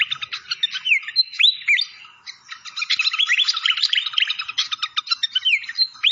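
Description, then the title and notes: Malaysian pied fantail song, bright whistled upslurs and downslurs tangled with rapid chattering clicks, a brief pause near two seconds before the busy phrase resumes. Masteran (training recording) of clear-voiced song. "Masteran Sikatan Kipas Suara Jernih Dan Suara Gemericik Air. Suara Burung Sikatan Londo"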